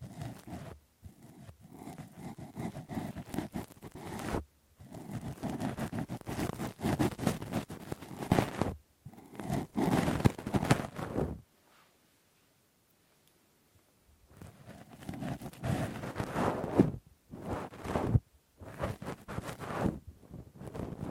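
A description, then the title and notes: Rough scraping and scratching from deep ear cleaning with a cotton swab and ear pick, in dense, crackly bursts lasting a few seconds each. The strokes pause briefly between bursts, with a longer near-silent gap around the middle of the recording. ASMR Intense Rough Deep Ear Cleaning w Q-tip, Ear Pick 1 Hour (No Talking).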